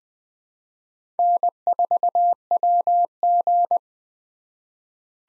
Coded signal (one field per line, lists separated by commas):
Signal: Morse code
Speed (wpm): 20 wpm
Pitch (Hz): 700 Hz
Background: none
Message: N4WG